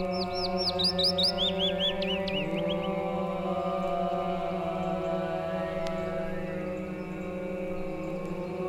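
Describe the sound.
Willow Warbler song, a quick cascade of sweet slurred notes dropping steadily in pitch, heard over sustained droning musical tones that continue after the phrase ends.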